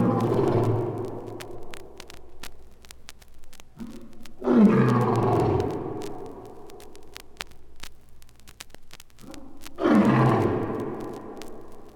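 Lion roaring in three deep, drawn-out bursts near the start, middle and end, each starting loud and sliding lower before fading into a low rumble.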